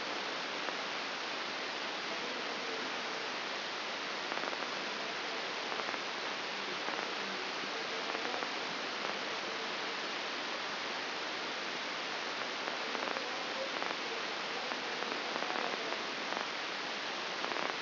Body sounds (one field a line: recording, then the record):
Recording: brain microelectrode recording played as sound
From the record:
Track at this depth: outside the subthalamic nucleus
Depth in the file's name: 7.06 mm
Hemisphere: left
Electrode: 2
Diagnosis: Parkinson's disease